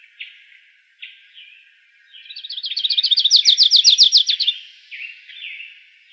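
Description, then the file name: Grace's warbler song: a rapid trill of bright chips that grows louder, about two seconds long, preceded and followed by scattered soft chirps. Recorded in Arizona on 16 May 2003. "GRWA 3 deviche"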